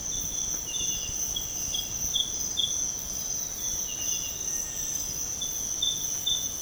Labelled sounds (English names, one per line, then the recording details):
none
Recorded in pastures near Puerto Asís, Putumayo, Colombia, on 23 June 2025 at 05:30
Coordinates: 0.496, -76.326
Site GP01